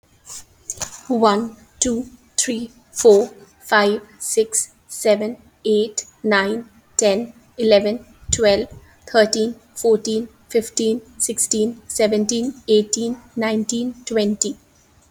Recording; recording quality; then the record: counting at a normal pace; excellent, no background noise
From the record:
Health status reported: healthy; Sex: female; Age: 30 years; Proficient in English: yes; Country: India